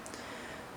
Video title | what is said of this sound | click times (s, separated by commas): Dell OptiPlex GX260 - Old Computer Showcase | pops into place so it doesn't fall on you | 0.1 s